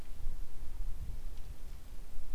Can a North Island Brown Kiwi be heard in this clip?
no